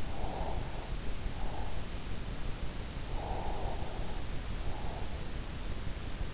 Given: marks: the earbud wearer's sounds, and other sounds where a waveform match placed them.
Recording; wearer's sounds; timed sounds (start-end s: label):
sounds in sleep by an in-ear microphone; breath
0.24-1.85 s: breath
3.28-5.17 s: breath